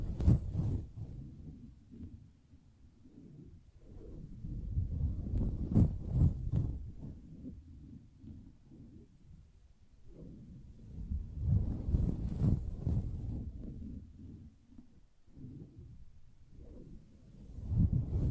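Soft tapping and scratching on a fabric surface, mostly low and muffled, with a dull rumbling texture. Activity comes in swells, busier around 0–2, 4–7, 11–13 and 17–18 seconds, with quieter lulls between and a few faint crisp ticks on top.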